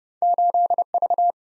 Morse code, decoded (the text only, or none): 8 V